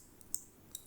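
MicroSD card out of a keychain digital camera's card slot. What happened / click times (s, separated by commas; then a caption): The card clicked free of its spring-loaded slot / 0.3 s. An inserted microSD card is pressed again in the spring-loaded push-push card slot of a Kodak Charmera keychain digital camera. A sharp click at 0.3 s releases and ejects the card, with a faint tick just before at 0.2 s and another crisp tick at 0.8 s.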